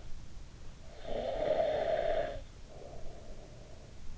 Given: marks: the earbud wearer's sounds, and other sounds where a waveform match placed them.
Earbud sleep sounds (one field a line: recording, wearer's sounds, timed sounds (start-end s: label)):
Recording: sounds in sleep by an in-ear microphone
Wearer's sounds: snoring breath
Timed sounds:
0.75-3.86 s: snoring breath